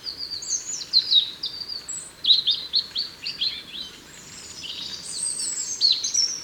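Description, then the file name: European robin singing high, liquid, tumbling phrases of thin whistles and quick trills, briefly pausing midway before a higher sweeping phrase resumes; faint background hiss throughout. "Erithacus rubecula"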